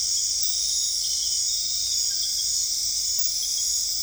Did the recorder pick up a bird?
no